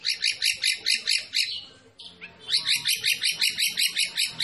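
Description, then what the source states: White-rumped shama song: fast repeated high chattering notes in a steady pulsing rhythm, briefly broken by a sliding whistle before the chatter resumes. Masteran training recording for songbirds, featuring a champion white-rumped shama.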